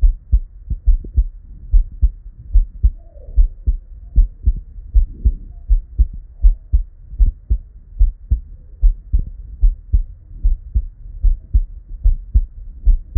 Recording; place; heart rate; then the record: heart sounds by stethoscope; Erb's point; 75 bpm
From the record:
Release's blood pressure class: normal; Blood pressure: 107/64 mmHg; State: at rest